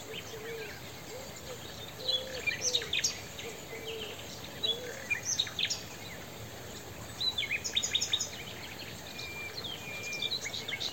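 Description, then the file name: Common nightingale phrases of stuttering repeated notes and thin sustained whistles, several bursts a few seconds apart, over background hiss. "Luscinia megarhynchos"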